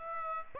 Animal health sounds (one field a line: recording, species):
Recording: mosquito wingbeat signal from an infrared sensor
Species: Aedes aegypti